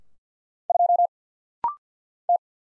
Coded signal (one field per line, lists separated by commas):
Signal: Morse code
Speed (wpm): 50 wpm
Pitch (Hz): 700 Hz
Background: none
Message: 2 T